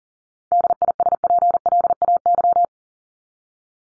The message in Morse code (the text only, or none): DISPLAY